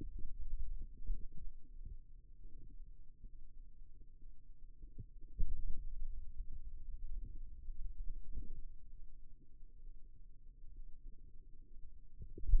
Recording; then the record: forearm muscle sounds (acoustic myography)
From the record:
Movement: pen grasping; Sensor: system 2, bracelet of six BSWA MPA416 microphones around the upper forearm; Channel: 2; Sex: male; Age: 22 years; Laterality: right